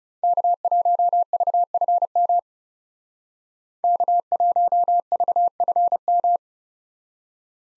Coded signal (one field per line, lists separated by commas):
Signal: Morse code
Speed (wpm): 35 wpm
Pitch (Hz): 700 Hz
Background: none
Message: K1VFM K1VFM